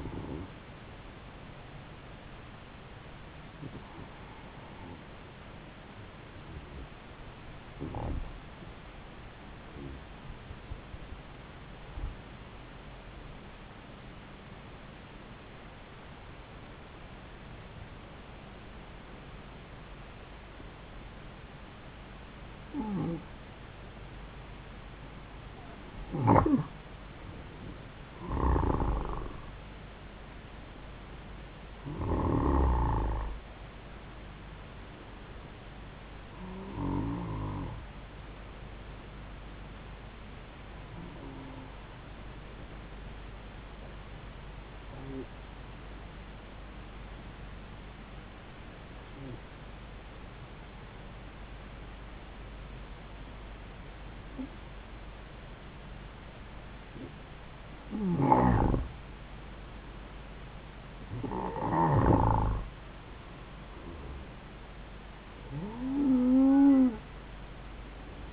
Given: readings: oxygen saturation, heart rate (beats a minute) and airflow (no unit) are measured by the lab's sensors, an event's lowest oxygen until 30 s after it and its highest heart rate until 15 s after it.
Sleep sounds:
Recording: breathing in sleep by a voice recorder at the bedside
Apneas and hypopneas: 2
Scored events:
5.00-25.30 s: hypopnea (N2, oxygen 95% highest, then 88% lowest, heart rate 74 at the start, 80 highest)
46.00-57.50 s: hypopnea (N2, oxygen 95% highest, then 91% lowest, heart rate 71 at the start, 79 highest)
From the record:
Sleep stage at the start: N2 (light sleep)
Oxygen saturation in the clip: 88 to 95%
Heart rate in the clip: 71 to 80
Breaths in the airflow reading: 17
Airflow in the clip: -5.5 to 5.0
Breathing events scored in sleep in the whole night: 270 in 6.1 hours asleep

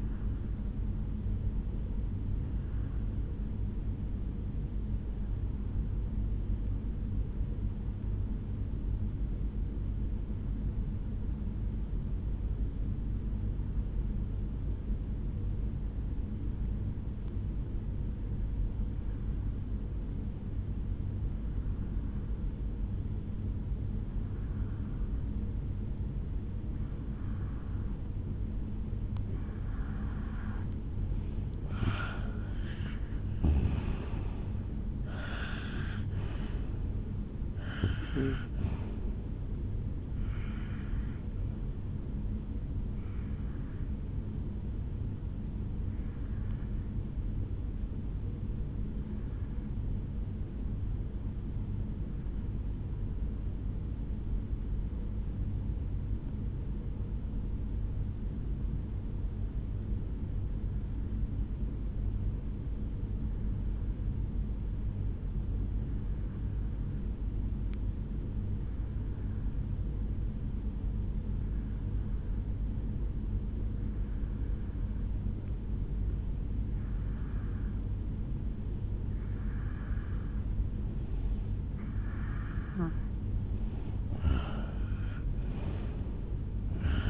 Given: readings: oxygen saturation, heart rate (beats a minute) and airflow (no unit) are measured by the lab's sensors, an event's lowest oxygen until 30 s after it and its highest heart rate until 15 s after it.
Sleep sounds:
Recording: breathing in sleep by a smartphone at the bedside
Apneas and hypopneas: 2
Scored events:
4.00-31.50 s: hypopnea (N2, oxygen 93% highest, then 86% lowest, heart rate 71 at the start, 75 highest)
44.00-79.90 s: hypopnea (N2, oxygen 96% highest, then 86% lowest, heart rate 65 at the start, 73 highest)
From the record:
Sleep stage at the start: N2 (light sleep)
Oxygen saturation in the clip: 86 to 96%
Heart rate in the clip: 51 to 75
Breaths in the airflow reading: 17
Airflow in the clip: -11.1 to 7.5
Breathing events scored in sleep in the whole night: 449 in 7.0 hours asleep

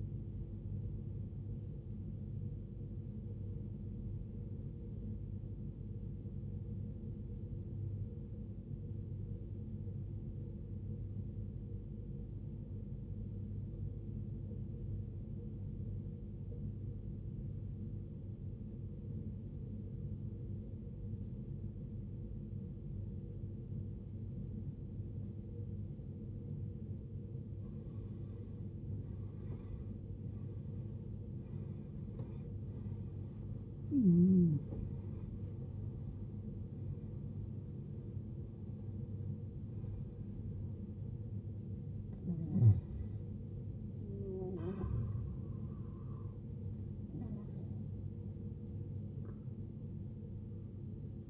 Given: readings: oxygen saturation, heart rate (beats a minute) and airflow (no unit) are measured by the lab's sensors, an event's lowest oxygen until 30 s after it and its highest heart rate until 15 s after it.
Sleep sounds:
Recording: breathing in sleep by a smartphone at the bedside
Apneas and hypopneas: 1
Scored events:
5.00-27.30 s: obstructive apnea (N1, oxygen 96% highest, then 83% lowest, heart rate 53 at the start, 76 highest)
11.00-41.00 s: new sleep stage, N2 (light sleep)
41.00-51.30 s: new sleep stage, N1 (lightest sleep)
From the record:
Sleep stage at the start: N1 (lightest sleep)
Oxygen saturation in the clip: 84 to 96%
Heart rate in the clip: 52 to 76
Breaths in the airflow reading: 7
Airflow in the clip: -15.4 to 15.3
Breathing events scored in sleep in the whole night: 389 in 6.3 hours asleep

